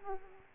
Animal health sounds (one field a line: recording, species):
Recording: mosquito wingbeat signal from an infrared sensor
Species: Culex quinquefasciatus